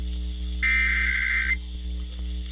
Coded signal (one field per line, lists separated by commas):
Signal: Emergency Alert System (SAME) tones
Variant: header bursts